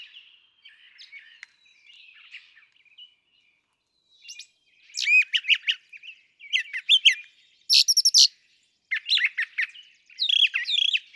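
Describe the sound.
Brown Thrasher song, opening with quiet soft notes, then loud varied phrases of rapid chips and slurs.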